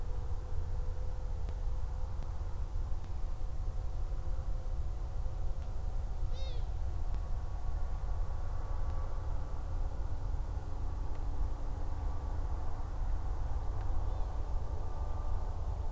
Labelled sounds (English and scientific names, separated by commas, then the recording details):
Long-eared Owl (Asio otus)
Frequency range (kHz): Long-eared Owl (Asio otus) 0.4-6.8 kHz
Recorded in France